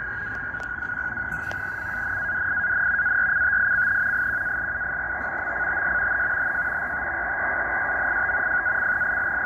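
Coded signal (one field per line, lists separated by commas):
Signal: NAVTEX (SITOR-B)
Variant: 100 baud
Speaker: it is decoding this uh he called with nunavut marine weather navtex broadcast quite well right now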